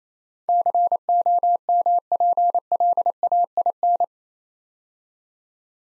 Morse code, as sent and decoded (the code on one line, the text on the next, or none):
-.-. --- -- .--. .-.. .- .. -.
COMPLAIN